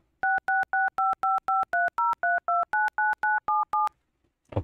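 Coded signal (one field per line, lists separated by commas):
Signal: DTMF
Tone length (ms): 180 ms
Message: 666555303299977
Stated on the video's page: DTMF and Morse code hidden in audio as steganography challenges for capture-the-flag exercises.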